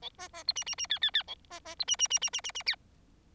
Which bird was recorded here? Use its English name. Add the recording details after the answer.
Bengalese Finch. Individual Bird4